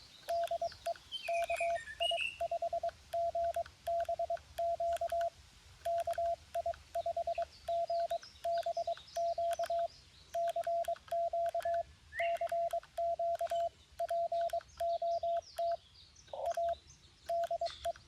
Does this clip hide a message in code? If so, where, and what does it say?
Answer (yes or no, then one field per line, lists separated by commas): yes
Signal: Morse code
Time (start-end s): 0.3-17.9 s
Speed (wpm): 22 wpm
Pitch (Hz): 680 Hz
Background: radio noise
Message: DE KI5GBQ KI5GBQ CQ CQ POTA DE